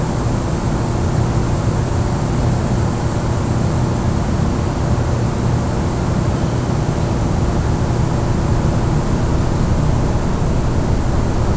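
Empty press room ambience: a steady, dense low rumble like ventilation or machinery drone fills the space without pause. A faint constant hum sits above the rumble, with a soft airy hiss higher up. Nothing changes over the twelve seconds.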